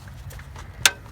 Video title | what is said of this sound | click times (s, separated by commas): P0010 / P0011 - Camshaft Actuator Solenoid Chevy Cruze Malibu Impala | like that you heard the click | 0.9 s